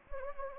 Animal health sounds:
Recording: mosquito wingbeat signal from an infrared sensor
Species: Anopheles gambiae

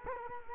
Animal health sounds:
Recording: mosquito wingbeat signal from an infrared sensor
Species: Culex quinquefasciatus

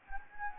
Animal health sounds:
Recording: mosquito wingbeat signal from an infrared sensor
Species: Anopheles gambiae

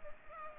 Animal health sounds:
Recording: mosquito wingbeat signal from an infrared sensor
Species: Culex pipiens

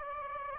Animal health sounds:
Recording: mosquito wingbeat signal from an infrared sensor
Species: Aedes aegypti

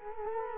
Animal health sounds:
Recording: mosquito wingbeat signal from an infrared sensor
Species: Culex quinquefasciatus

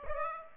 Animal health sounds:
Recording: mosquito wingbeat signal from an infrared sensor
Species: Aedes aegypti

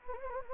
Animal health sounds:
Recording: mosquito wingbeat signal from an infrared sensor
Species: Anopheles gambiae

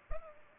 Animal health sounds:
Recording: mosquito wingbeat signal from an infrared sensor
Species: Culex pipiens

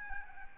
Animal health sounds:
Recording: mosquito wingbeat signal from an infrared sensor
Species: Aedes albopictus

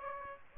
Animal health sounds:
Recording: mosquito wingbeat signal from an infrared sensor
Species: Aedes aegypti

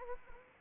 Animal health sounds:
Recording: mosquito wingbeat signal from an infrared sensor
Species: Anopheles arabiensis

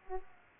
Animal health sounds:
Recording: mosquito wingbeat signal from an infrared sensor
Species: Aedes aegypti

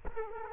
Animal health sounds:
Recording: mosquito wingbeat signal from an infrared sensor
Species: Culex quinquefasciatus

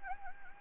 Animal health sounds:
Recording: mosquito wingbeat signal from an infrared sensor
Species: Anopheles gambiae

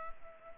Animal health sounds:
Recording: mosquito wingbeat signal from an infrared sensor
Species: Culex pipiens

